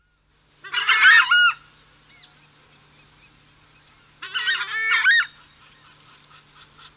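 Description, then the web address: Southern screamer giving loud, harsh honking calls in two bursts, each about a second long, separated by a few seconds of quiet. "crestedscreamer"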